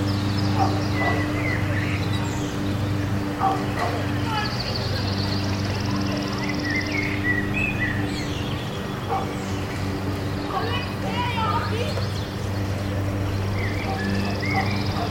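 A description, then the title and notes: Birds chirp and distant children's voices carry across a park over a steady low hum, with a high trill from about four to seven seconds. Lazy Summer Afternoon Park Ambience. It's a slow afternoon in the summer. Birds chirp and children play off in the distance.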